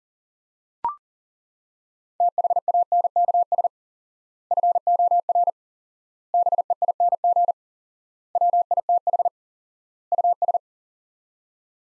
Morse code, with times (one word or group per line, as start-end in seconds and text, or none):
2.2-3.7 THANKS
4.5-5.5 FOR
6.3-7.5 BEING
8.4-9.3 WITH
10.1-10.6 US